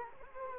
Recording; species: mosquito wingbeat signal from an infrared sensor; Culex quinquefasciatus